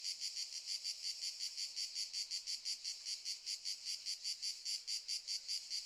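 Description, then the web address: Cicada stridulation: a steady, high, shimmering buzz throbbing in quick regular pulses, roughly two or three per second, throughout. Cicadas stridulating very loudly in summer fields in the morning. "Sculp Tunes - Summer in the field - Crickets and Cicadas - Summer in the fields - DAY Morning - the cicadas stridulate very loudly"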